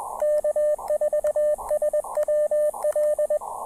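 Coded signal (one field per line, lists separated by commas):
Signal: Morse code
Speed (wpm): 20 wpm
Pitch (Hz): 600 Hz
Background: radio noise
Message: K4SWL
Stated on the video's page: QRP CW POTA park activation with an Elecraft KX2, Bamatech TP-III paddles, Packtenna Mini EFHW antenna and Elecraft AX1.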